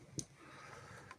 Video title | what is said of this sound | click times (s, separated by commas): Pare choc, face avant, radiateur, condensateur, boite, distribution, etc.. dépose vidéo longue | Hop, clipser là. | 0.2 s